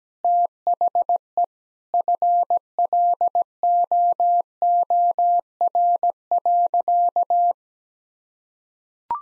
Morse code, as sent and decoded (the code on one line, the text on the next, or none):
- .... . / ..-. .-.. --- --- .-. .-.-.-
THE FLOOR.